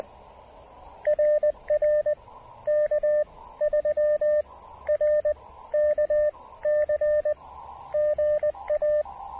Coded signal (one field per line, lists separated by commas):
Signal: Morse code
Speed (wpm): 20 wpm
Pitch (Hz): 600 Hz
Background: radio noise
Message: RR K3RKC GA